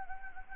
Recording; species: mosquito wingbeat signal from an infrared sensor; Anopheles gambiae